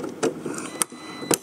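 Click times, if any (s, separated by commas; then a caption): 0.8 s, 1.3 s. A voting machine ballot unit's interconnect cable connector is held straight and pushed into the unit's socket. Two sharp clicks sound at 0.8 s and 1.3 s, after softer handling noises. The two clicks mean the connector is seated and connected.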